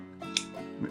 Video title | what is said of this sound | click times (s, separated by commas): Battlbox Mission 62 | clicks in place and now you've got an e leu knife like those Alaskan blue knives that's | 0.4 s